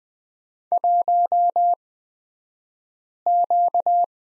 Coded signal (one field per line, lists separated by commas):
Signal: Morse code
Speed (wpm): 20 wpm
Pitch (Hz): 700 Hz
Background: none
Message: 1Q